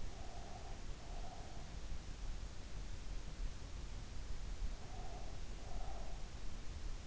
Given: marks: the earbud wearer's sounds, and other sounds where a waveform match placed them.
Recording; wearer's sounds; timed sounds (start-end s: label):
sounds in sleep by an in-ear microphone; breath
0.00-1.86 s: breath
4.74-6.35 s: breath